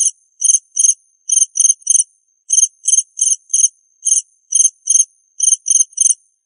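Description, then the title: Cricket chirping in short, high, pulsed bursts in small groups separated by brief pauses; no other sounds. "suara Hujan Guntur Suara Jangkrik Dan Burung"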